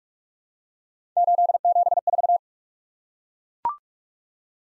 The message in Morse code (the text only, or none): 874